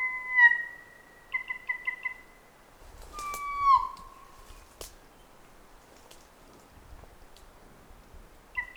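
Kokako: kōkako song: a held whistle dropping in pitch, short pulsed notes, then a loud long note that bends downward, with a sharp click midway.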